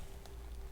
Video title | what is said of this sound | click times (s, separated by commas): How to use MOTSY Light's Personal Oral Hygiene Pack Introduction+ | and so you heard that little snap there when you want to get it off you want to press down | 0.3 s